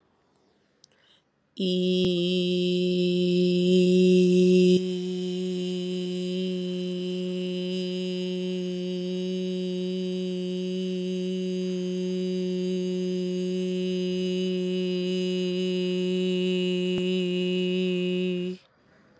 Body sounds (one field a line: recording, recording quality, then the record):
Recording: sustained vowel as in beet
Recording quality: excellent, no background noise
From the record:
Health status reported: recovered from COVID-19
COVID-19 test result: negative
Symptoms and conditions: breathing difficulty, sore throat, fatigue, loss of smell and taste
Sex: female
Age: 30 years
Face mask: not worn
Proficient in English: yes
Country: India